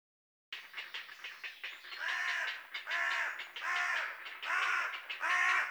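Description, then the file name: Carrion Crow uttering hoarse cawing calls, several quick rough notes building into several loud, drawn-out harsh caws spaced less than a second apart. "Corvus corone"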